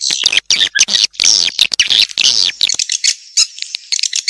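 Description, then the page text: Swiftlet calls, harsh buzzy squawks and rasping twitters in quick irregular bursts, fading into scattered high chirps. Swiftlet calls used to lure swiftlets. "Suara Burung Walet Asli Untuk Pancingan"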